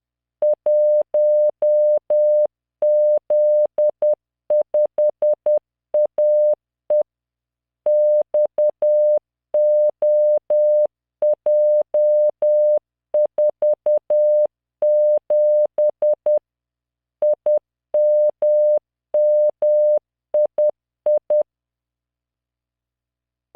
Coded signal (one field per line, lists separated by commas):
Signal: Morse code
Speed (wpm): 10 wpm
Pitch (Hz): 600 Hz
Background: none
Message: 1Z5AE XOJ47 IMMII